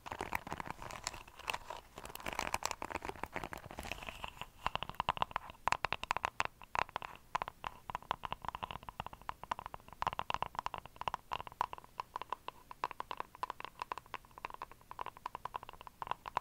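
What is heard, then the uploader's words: Dense tapping and scratching, busier and rougher in the first four seconds, then settling into quick, irregular clicks against quiet hush. ASMR Black Triggers For Sleep (tapping & scratching).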